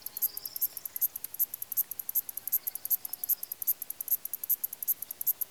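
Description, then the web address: Cricket chirping in regular high pulses, some louder than others, over soft background noise. Countryside, Greece. "BBC Sound Effects Library- (Greece) Countrysde crikets"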